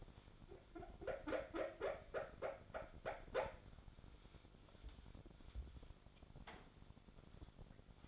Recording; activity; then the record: daily activity, microphone in the room; wipe stove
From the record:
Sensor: 5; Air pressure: 1007.1 hPa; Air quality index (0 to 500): 174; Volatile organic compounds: 4 ppm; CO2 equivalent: 1665 ppm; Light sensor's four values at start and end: 50/138/55/56 and 52/142/57/57